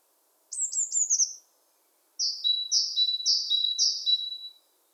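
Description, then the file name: Great tit giving a quick run of high descending notes, then after a brief pause four clear two-note phrases, high then lower, evenly spaced. "Parus major"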